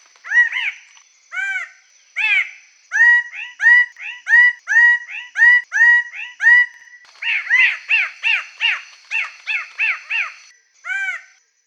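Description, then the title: Songbird chirping song: loud, clear notes repeated in a run, changing to a denser, harsher stretch near the end. "SuaraBurung Kicau"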